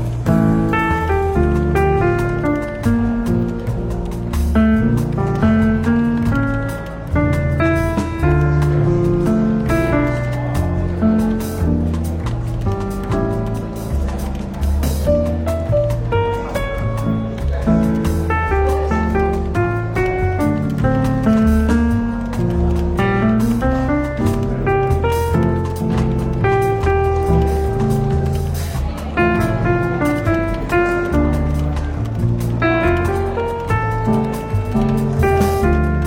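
Soft jazz plays steadily through a bookshop café, with warm low bass and piano or guitar melody lines moving through the middle range. The level stays even for the whole stretch, with faint murmured chatter mixed underneath the music.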